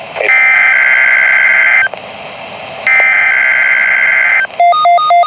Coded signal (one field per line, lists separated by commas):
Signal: Emergency Alert System (SAME) tones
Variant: header bursts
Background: speech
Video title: + Siren Ambience | BMX Required Weekly Test | [EAS #366] | 8/15/26